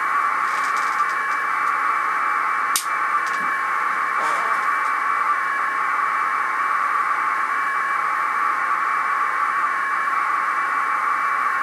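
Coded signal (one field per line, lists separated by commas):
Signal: packet radio (AX.25, as in APRS)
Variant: 1200 baud AFSK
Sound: steady harsh warbling data tone throughout, one brief click near three seconds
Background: radio static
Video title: HTTP over IP over AX.25 Packet Radio at 1200 Baud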